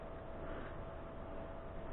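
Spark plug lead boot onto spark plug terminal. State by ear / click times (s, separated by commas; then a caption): not seated / none. The rubber boot of a spark plug lead is pushed onto the spark plug terminal of a bike engine on a second try. A steady broadband rumble with a faint constant tone near 650 Hz runs throughout, ending in a brief soft tap at 1.9 s. The lead is still being handled, and nothing has seated or clicked yet.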